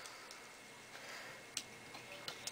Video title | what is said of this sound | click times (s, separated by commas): Soundout Review - Samurai Sentai Shinkenger - Candy Toy Samurai Gattai Daitenkuu Part 2 | So, that clicks into place. And actually stays in there pretty well cuz when you click this back down, | 1.6 s